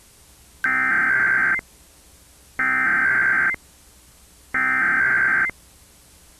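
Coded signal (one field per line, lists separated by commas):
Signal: Emergency Alert System (SAME) tones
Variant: header bursts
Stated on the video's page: Fictional cyberattack EAS scenario in analog-horror style, using valid EAS tones.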